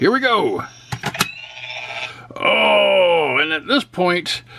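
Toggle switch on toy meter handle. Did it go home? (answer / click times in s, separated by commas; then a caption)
yes / 1.2 s. Someone talks as a finger pushes the silver toggle switch on the back of the plastic handle of a Hasbro Haslab Ghostbusters Plasma Series replica P.K.E. Meter all the way up. There are sharp taps near 0.9 s and 1.2 s, and the switch clicks into position at 1.2 s. After the click the display turns red and the wings rise, while someone keeps talking.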